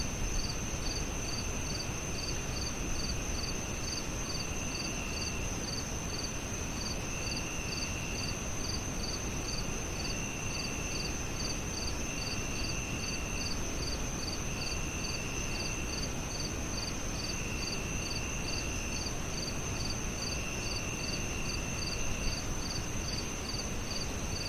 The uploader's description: The air is alive with the soothing melody of singing crickets that reverberates through the stillness of the night.